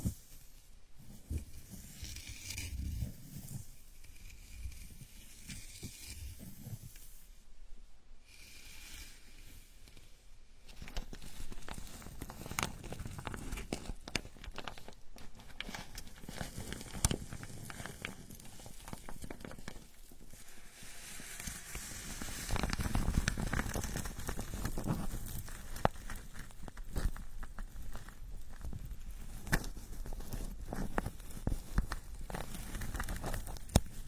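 A scalp massage, with fingers rubbing through hair in a dense, crackling rustle and soft patter of small scratches. The rubbing runs continuously with brief pauses around 8 and 10 seconds, then grows fuller and louder from about 22 seconds on.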